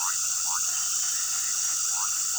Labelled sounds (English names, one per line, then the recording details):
none
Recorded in pastures near Puerto Asís, Putumayo, Colombia, on 20 February 2024 at 19:30
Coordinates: 0.466, -76.323
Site G6384